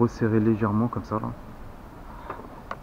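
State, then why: Seated. Someone talks as the plastic licence plate lamp housing of a BMW E46 3 Series, with its newly fitted LED bulb, is pushed back into its recess in the rear bumper trim. After a faint tap, a short sharp click at 2.7 s marks the housing seating in place.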